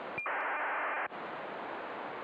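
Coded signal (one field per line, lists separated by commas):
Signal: ACARS aircraft data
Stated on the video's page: ACARS messages to and from airplanes around Oslo on 131.525 MHz.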